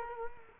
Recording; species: mosquito wingbeat signal from an infrared sensor; Culex quinquefasciatus